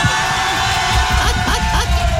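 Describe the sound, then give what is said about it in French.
A live audience at an evening Guillaume Radio 2.0 broadcast on Énergie cheers loudly and continuously, a dense roar of voices with shouts mixed in, while one whistler's sharp rising whistles, held longer than the others, cut through the crowd noise a few times toward the end. “Et en plus, ils sont énormes ce soir. Il y a un siffleur, ça on l'a remarqué.”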